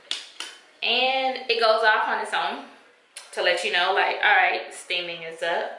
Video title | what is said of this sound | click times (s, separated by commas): Getting my toddlers prepared for Corona changes- VLOG | I write locks in place and it | 0.1 s, 0.4 s